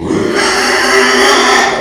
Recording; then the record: squeal of a Yucatan mini pig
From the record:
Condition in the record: after surgery on the right vocal fold (resection and tissue-engineered implant); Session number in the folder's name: 2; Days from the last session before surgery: 13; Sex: male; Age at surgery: 12 weeks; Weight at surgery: 13 kg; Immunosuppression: cyclosporine, prednisolone